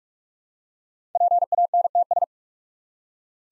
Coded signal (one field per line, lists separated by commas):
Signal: Morse code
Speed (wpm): 44 wpm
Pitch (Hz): 700 Hz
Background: none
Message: PANTS